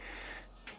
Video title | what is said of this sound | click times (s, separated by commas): Big Agnes Copper Spur HV UL1 Setup and Initial Impressions Ultralight Freestanding Tent | snap right in place so | 0.7 s